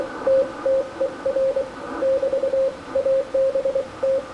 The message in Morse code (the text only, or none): TTER <BT> ABT